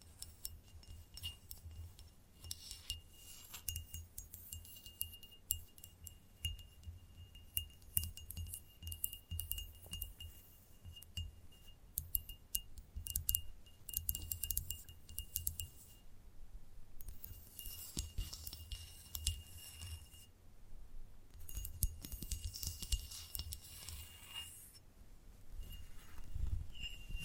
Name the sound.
ASMR Gentle Tapping